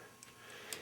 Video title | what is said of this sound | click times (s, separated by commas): SINGER 95-1 RE-TIMING THE ROTARY SEWING HOOK 062514 | And you're going to hear it click when I put it back in. So there it goes. | 0.7 s